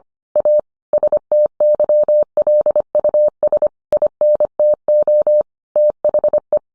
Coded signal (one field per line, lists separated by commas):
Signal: Morse code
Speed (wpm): 25 wpm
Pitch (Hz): 600 Hz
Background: none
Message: A STYLUS INTO THE